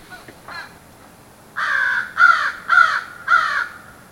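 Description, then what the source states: American crow giving a faint call, then four loud, harsh caws in steady succession about half a second apart. Ten caws.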